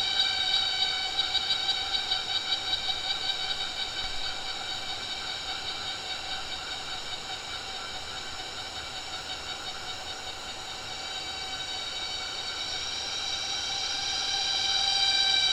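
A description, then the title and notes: A Pomponia imperatoria cicada drones loudly, a shrill sawmill-like whine built from stacked steady tones. The first few seconds throb in quick pulses, then the sound holds smooth and swells brighter near the end over a faint low jungle rumble. Evening concert of Pomponia Imperatoria cicada. These very noisy sawmill-like cicadas sings always at 6 pm, therefore they are named "six o'clock cicada". Recorded close to the river, in the Sumatra jungle (Ketambe, Aceh region). Sony PCM D50, Rode NT4. Sumatra jungle: Cicada Pomponia Imperatoria.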